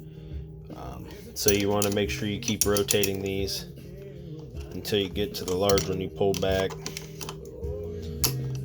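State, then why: Seated. Someone talks while a selector ring on a reloading tool is rotated to the "large" setting and pulled back, with faint ticks near 7.2–7.5 seconds. A sharp click at 8.2 seconds marks the selector locking into its detent.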